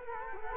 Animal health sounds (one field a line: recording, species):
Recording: mosquito wingbeat signal from an infrared sensor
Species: Culex quinquefasciatus